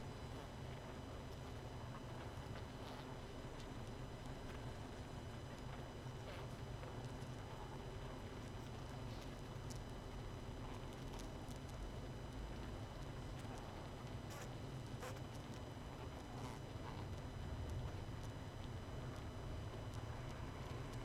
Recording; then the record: honeybee colony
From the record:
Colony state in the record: missing queen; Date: 31 May 2018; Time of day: 21:40